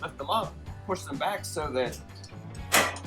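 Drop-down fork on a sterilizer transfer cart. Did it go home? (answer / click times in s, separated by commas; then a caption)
yes / 2.8 s. The metal drop-down fork on a sterilizer transfer cart is lifted up and pushed back while someone talks over a low, steady hum. A sharp metallic click at 2.8 seconds marks the fork seating and locking in its raised position.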